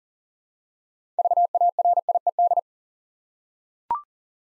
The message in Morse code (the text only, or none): VARIED